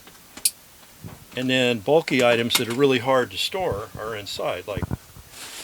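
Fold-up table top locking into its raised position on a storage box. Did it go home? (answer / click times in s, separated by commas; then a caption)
yes / 0.5 s. A fold-up dining table made from a wooden carpenter's saw box from about the late 1800s, built into an M-1079 truck camper to save space and double as storage, is raised and locks into place. A sharp, loud knock at 0.5 s marks it locking in the raised position, and then someone talks.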